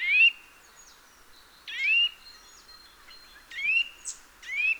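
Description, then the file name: Eurasian nuthatch with four clear, ringing upswept calls at irregular intervals, plus a brief higher chip between the last two. "Sitta europaea"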